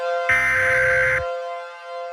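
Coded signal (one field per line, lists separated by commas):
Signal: Emergency Alert System (SAME) tones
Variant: header bursts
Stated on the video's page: Fictional analog horror EAS scenario.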